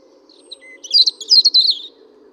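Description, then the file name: European robin song: a faint high note and a brief pure whistle, then a rapid, liquid cascade of very high twittering notes lasting about a second. "Erithacus rubecula"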